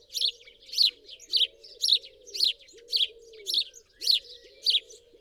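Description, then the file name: House sparrow giving loud chirps, roughly two per second in a steady series, with a soft lower warble running beneath. "Passer domesticus"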